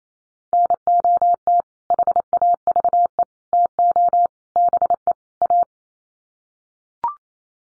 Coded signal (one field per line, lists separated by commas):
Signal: Morse code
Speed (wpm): 28 wpm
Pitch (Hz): 700 Hz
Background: none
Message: NOT HAVE TO BE A